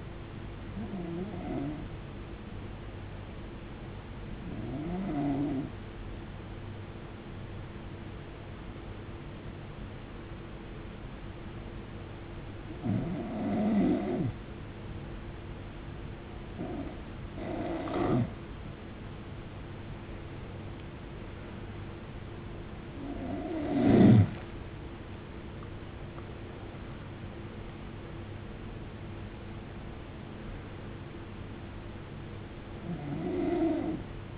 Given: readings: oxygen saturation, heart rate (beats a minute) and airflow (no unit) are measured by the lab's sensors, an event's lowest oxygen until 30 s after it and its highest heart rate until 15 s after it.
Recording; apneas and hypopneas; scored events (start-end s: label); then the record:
breathing in sleep by a voice recorder at the bedside; 1
3.00-22.70 s: hypopnea (N1, oxygen 95% highest, then 90% lowest, heart rate 74 at the start, 78 highest)
From the record:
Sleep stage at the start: N1 (lightest sleep); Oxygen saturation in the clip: 85 to 95%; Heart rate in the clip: 68 to 78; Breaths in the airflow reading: 8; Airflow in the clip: -14.3 to 14.8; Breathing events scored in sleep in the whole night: 389 in 6.3 hours asleep